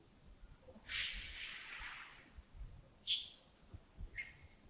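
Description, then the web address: Birds calling: a harsh rasping burst, then two short clear chirps, one with a thin trailing whistle, over low background rumble. Early morning at Yagongding, 28 December 2025, around 07:40. "2025-12-28 亚公顶清晨 251228 074040 birds"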